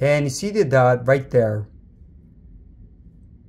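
Someone talks for about the first 1.6 seconds while the Apple Vision Pro battery pack's cable connector is lined up with the alignment dot on the headset's side port, ready to be placed on and twisted to lock. Only a faint low background hum follows. Nothing has clicked or seated yet.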